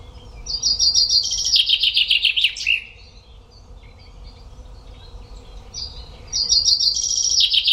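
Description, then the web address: Common chaffinch song: a quick, high trill that descends in steps and ends with a flourish, then a second song begins, over a low rumbling background. "Deverinetal"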